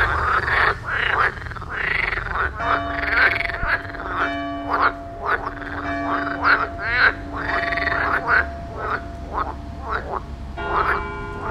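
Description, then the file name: Frogs croaking in a dense chorus, many rasping pulsed croaks overlapping, with a steady low tonal hum running through the middle section. "Froesche"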